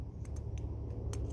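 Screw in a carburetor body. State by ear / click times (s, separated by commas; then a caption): stripped / none. A tool slips while trying to turn a stuck screw, the air mixture screw, out of a metal carburetor body, over a steady low rumble. Faint, quiet hits land at about 0.3, 0.4, 0.6 and 1.1 seconds. The screw does not come out and is stripped; nothing has seated or clicked.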